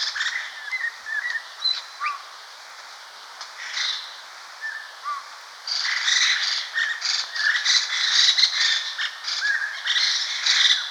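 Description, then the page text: Lesser Necklaced Laughingthrush calls: a few clear slurred whistles at first, then a group breaks into loud harsh overlapping rattling scolds. Group of birds giving scolding calls. "Lesser Necklaced Laughingthrush Group Scolding Calls. Quick Sounds"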